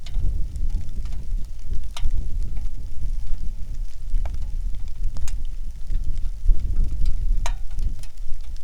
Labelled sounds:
wind
rain
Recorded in the Arctic National Wildlife Refuge, Alaska, on 3 August 2019 at 10:10
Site 41

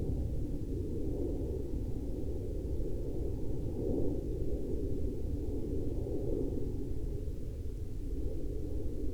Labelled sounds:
aircraft
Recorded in the Prudhoe Bay oil fields, Alaska, on 15 May 2021 at 01:41
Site 14

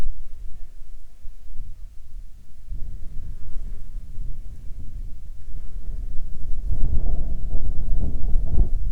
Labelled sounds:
wind
insects
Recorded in the Prudhoe Bay oil fields, Alaska, on 14 July 2019 at 17:13
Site 14

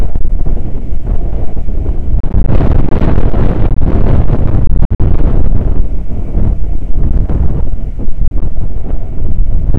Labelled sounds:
wind
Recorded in the Prudhoe Bay oil fields, Alaska, on 9 August 2019 at 00:05
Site 29

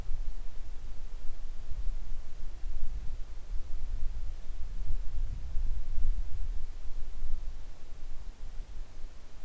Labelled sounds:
near silence
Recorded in the Arctic National Wildlife Refuge, Alaska, on 3 August 2019 at 10:43
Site 41

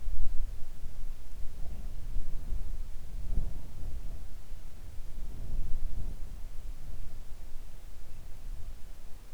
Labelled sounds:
wind
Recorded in the Arctic National Wildlife Refuge, Alaska, on 3 August 2019 at 05:00
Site 41

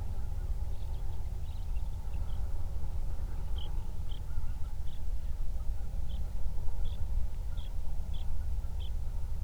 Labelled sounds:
songbird
waterfowl
wind
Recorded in the Prudhoe Bay oil fields, Alaska, on 31 July 2019 at 08:40
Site 24

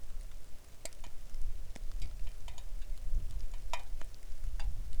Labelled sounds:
wind
rain
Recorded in the Arctic National Wildlife Refuge, Alaska, on 3 August 2019 at 09:53
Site 41

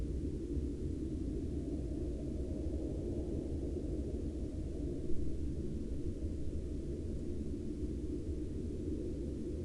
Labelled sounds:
aircraft
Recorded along the Dempster Highway, Canada, on 14 October 2020 at 21:22
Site 17

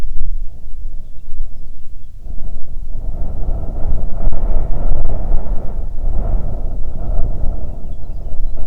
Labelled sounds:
songbird
wind
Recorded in the Prudhoe Bay oil fields, Alaska, on 6 June 2019 at 04:08
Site 16

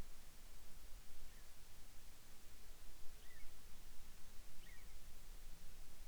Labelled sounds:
near silence
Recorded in the Arctic National Wildlife Refuge, Alaska, on 10 July 2019 at 18:53
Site 44

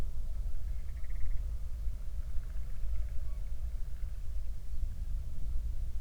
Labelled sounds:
grouse or ptarmigan
wind
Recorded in the Prudhoe Bay oil fields, Alaska, on 31 July 2019 at 08:15
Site 24

